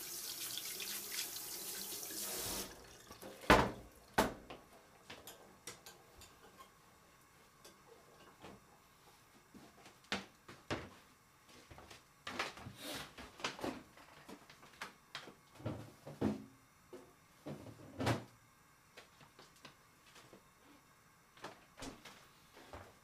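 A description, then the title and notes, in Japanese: Washing up in a kitchen: a tap runs loudly for the first two seconds, then shuts off. After that come scattered clinks and knocks of dishes and cupboards at irregular intervals, some sharp, with quiet pauses between them. 中華鍋を購入しました。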